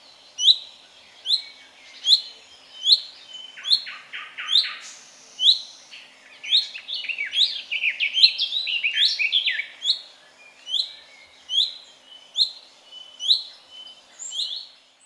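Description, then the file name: Common chaffinch calls, short sharp notes repeated at a steady pace, with a busier burst of notes through the middle. "Fringilla coelebs"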